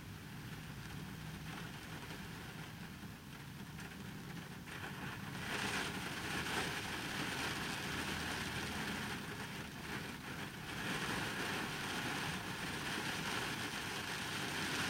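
Heavy rain on a car, heard from inside the empty vehicle. A dense, unbroken hiss and patter with a low rumble underneath, growing louder after about five seconds, easing briefly around ten seconds, then swelling again.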